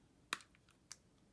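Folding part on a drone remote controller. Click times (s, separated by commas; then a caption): 0.3 s. A folding part on a DJI Mavic Pro remote controller is closed, snapping shut with a sharp, bright click at 0.3 s, followed by a fainter click at about 0.9 s. The part clicks into place and locks, confirming that it is meant to click.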